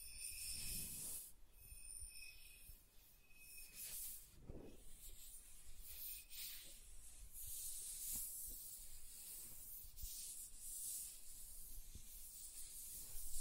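Soft tracing strokes move across smooth and rough surfaces in a steady, gentle rubbing texture. Brighter hissy swishes rise and fall every second or two, with faint scratchy detail and a few short high tones near the start and around six seconds.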